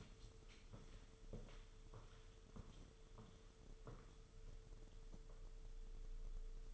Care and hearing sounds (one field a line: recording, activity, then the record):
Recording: daily activity, microphone in the room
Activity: walk to room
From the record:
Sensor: 4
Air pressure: 995.3 hPa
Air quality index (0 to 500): 200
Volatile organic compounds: 154 ppm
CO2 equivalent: 4040 ppm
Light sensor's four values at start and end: 21/71/26/27 and 26/84/31/32